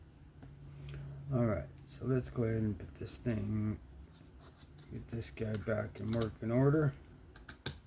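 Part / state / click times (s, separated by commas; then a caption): knife component into folding knife handle / seated / 7.7 s. Someone talks while reassembling a Kizer Varatas titanium frame-lock folding knife with an S35VN blade, pushing a removed part back into the handle. The part goes back in easily and snaps into place with one sharp, loud click at 7.7 seconds.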